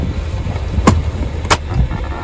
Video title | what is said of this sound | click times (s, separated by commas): Britax Boulevard Clicktight Forward Facing Installation - Car seat Installation | so i'm gonna push my knee in here and then you'll hear the clicking noise like this | 0.9 s